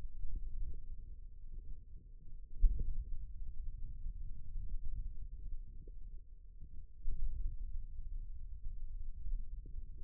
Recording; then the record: forearm muscle sounds (acoustic myography)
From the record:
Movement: pen grasping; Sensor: system 2, bracelet of six BSWA MPA416 microphones around the upper forearm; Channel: 4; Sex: male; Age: 22 years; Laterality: right